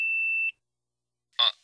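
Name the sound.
answering machine beep tone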